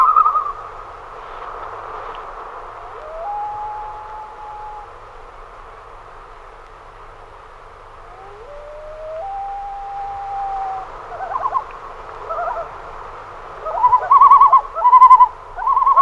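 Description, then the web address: Common loon calls: two long, clear wailing notes that rise and hold, followed near the end by several quavering tremolo bursts. "great northern loon"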